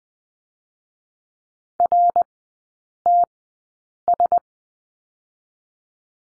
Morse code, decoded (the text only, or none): R T S